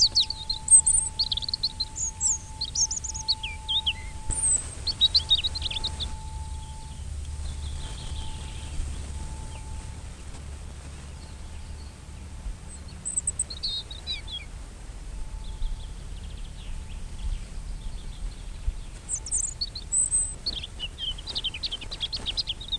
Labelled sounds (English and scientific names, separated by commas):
European Robin (Erithacus rubecula) song